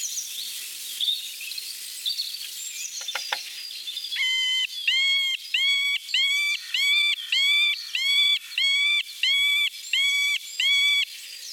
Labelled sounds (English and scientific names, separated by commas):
Middle Spotted Woodpecker (Dendrocopos medius) song